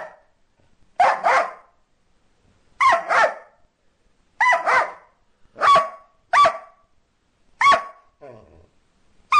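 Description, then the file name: Dog giving loud, harsh barks, some doubled, in several bursts with irregular gaps. "Cachorro"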